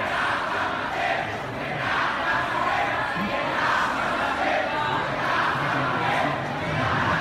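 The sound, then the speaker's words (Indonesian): A crowd of event participants shouts and yells continuously, a dense, loud wall of overlapping voices that swells and surges without pause, with no single voice standing out. “Mohon Bapak, Ibu semuanya bisa tertib, tidak berteriak-teriak.”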